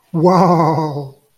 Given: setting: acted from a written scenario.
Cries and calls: vocal sound without words; awe

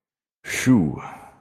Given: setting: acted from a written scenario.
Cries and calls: vocal sound without words; relief

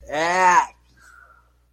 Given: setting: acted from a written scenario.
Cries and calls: vocal sound without words; disgust

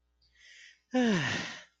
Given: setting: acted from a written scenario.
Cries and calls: vocal sound without words; contentment

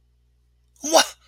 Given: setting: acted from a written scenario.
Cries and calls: vocal sound without words; anger

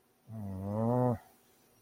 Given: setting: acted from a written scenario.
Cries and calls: vocal sound without words; sympathy

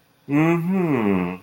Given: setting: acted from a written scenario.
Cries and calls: vocal sound without words; serenity

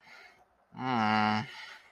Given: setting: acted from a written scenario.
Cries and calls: vocal sound without words; guilt

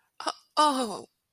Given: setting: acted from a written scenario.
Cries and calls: vocal sound without words; sadness

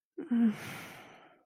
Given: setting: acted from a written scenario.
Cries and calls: vocal sound without words; sympathy

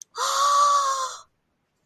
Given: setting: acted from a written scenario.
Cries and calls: vocal sound without words; positive surprise

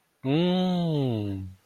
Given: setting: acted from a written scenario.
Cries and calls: vocal sound without words; interest

